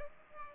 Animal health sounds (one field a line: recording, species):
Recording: mosquito wingbeat signal from an infrared sensor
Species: Aedes aegypti